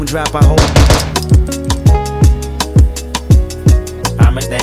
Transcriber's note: gunshots